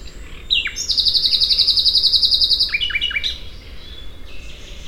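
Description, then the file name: Common nightingale song: a sharp high rapid trill of evenly repeated notes for about two seconds, then several quick descending slurred notes and softer chatter. "Luscinia megarhynchos"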